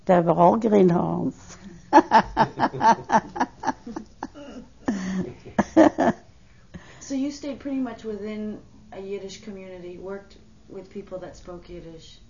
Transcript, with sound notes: They were all greenhorns. (She laughs.)
So you stayed pretty much within a Yiddish community, worked with people that spoke Yiddish.